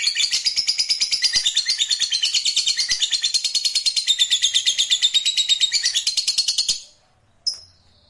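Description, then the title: Lovebird giving a long, fast chattering trill of rapid high notes, about three per second, running unbroken for nearly seven seconds before stopping, then one brief squeak. Fighter lovebird performing ngekek, a long continuous trill. "Suara Lovebird FIGHTER NGEKEK PANJANG"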